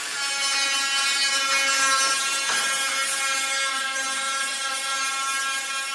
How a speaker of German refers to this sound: Mit einer Flex schleift Jaromir die Karosserie des roten Jaguar E-Typs von 1958. Der 250 PS starke Oldtimer wird in der Werkstatt des deutschen Unternehmers Heinrich von Hollen grundrenoviert.